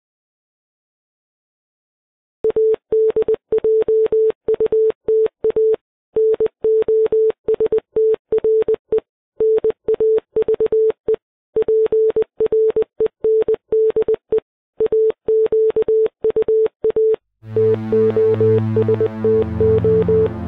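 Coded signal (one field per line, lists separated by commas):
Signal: Morse code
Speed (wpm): 20 wpm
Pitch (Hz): 440 Hz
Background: music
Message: ADJUTA NOSTRE NAVE PRENDE AQUA TOSTO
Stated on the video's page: Text and music in Morse code.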